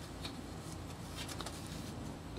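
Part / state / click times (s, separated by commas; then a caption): steering rack locating peg into car subframe / seated / 1.4 s, 1.5 s. On a 1994–1997 Honda Accord, the steel steering rack is pushed up slightly so its locating peg drops into the hole in the subframe. Against a steady low background, two sharp clicks sound at 1.4 s and 1.5 s as the peg seats.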